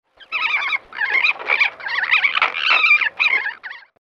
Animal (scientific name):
Vulpes corsac